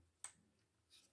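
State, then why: Partly seated. A small insert piece is pushed into its slot on a plastic model and gives a single sharp click at 0.2 s as it hits against a stop, followed by a faint brushing hiss near 1.0 s. The piece does not go all the way in.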